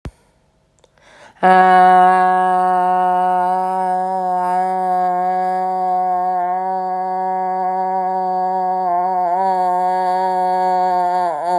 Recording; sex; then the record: sustained vowel /a/; female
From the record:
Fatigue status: fatigue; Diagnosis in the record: COVID-19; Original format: m4a